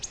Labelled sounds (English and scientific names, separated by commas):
Virginia's Warbler (Leiothlypis virginiae) flight call